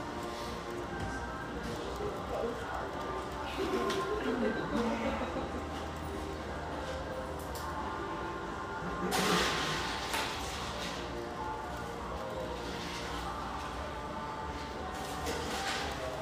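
Coffeehouse sounds with a mellow radio playing underneath: a steady, dense blend of soft music and murmured voices. Light clinks and knocks come through now and then, and a louder clattering burst rises around nine seconds before the even hum returns.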